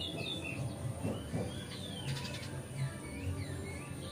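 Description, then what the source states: Oriental magpie-robin song: a few clear whistled slurs, some rising and some falling, scattered throughout over a steady low rumbling background noise. Song tutoring (masteran), made on a terrace.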